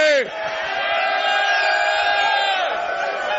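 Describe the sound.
A loud, drunken crowd of men and women cheers and whoops at a live event at Camacho's, off the 60 freeway at the Crossroads Parkway exit in City of Industry, many voices overlapping in a sustained, high-pitched roar that holds steady for a few seconds before easing slightly.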